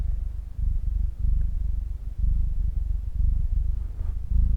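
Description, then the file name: Cat purring, a deep steady rumble in phases broken by brief quiet gaps. "cat purr pt 1"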